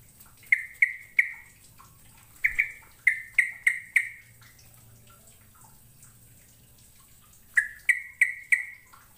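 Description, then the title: Bird calls: sharp, bright chirps given in groups of several, with pauses of a second or more between groups. "Kicau Burung"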